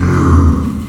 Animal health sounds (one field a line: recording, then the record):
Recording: squeal of a Yucatan mini pig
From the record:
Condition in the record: after surgery on the right vocal fold (resection and tissue-engineered implant)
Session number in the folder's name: 15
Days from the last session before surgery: 175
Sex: female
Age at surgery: 19 weeks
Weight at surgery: 25 kg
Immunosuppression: prednisolone